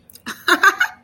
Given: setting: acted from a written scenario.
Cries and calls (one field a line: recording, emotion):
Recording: vocal sound without words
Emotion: amusement